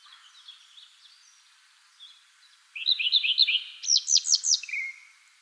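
Redstart song starting after a few faint notes: quick chirps, then a burst of sharp downslurred high notes and a short lower note at the end.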